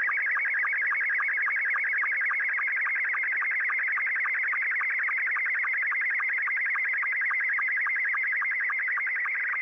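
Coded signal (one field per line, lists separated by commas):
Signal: SSTV (slow-scan television)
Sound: steady warbling, chirping tone with rapid regular ticks, like a scanning image transmission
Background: radio static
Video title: Receiving SSTV from far away is really easy...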